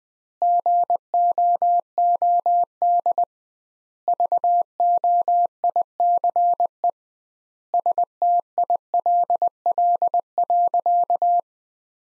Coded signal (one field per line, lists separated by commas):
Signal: Morse code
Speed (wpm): 21 wpm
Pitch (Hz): 700 Hz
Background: none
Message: GOOD VOICE STILL.